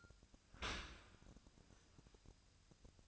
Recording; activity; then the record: daily activity, microphone in the room; open dishwasher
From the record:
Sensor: 2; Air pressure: 1003.0 hPa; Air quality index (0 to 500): 198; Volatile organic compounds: 6 ppm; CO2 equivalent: 1883 ppm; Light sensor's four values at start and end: 13/32/14/15 and 13/32/14/15